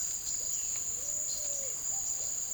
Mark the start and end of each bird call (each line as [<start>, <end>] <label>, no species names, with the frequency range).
[0.00, 2.31] bird call (0.3-1.0 kHz)